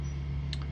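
A worn rubber foot mount on a Hermes 3000 3rd Gen typewriter, already slid down and freed from the frame bracket it was locked into, is pulled off the typewriter frame. Over a steady low hum, a sharp click sounds at 0.5 s, followed by a fainter click at 0.6 s. The foot mount comes off the frame.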